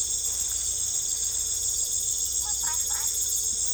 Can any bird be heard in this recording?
no